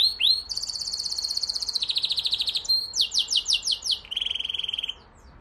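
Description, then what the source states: Canary song, a continuous chain of rapid buzzy trills, each phrase a fast repeated note shifting to a new pitch, high and rolling throughout. Male.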